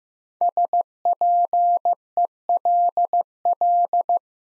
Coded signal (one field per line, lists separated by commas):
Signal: Morse code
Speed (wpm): 15 wpm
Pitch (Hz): 700 Hz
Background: none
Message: SPELL